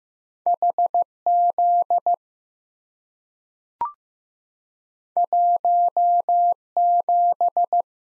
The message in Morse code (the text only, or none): HZ 17